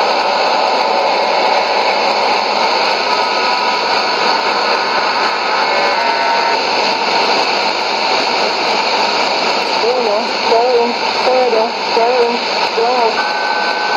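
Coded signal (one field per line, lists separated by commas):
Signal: numbers station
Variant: HM01, Spanish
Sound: steady broadband data-like hiss, then short evenly spaced spoken words through static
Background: radio static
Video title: 19 01 2017 Cuban Spy Numbers HM01 in Spanish 0916 on 11462 Bejucal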